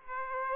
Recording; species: mosquito wingbeat signal from an infrared sensor; Aedes aegypti